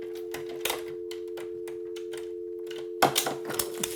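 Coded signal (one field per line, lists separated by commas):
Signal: telephone call progress tone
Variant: North America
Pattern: dial tone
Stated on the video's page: Telephone tone in a mystery thriller film.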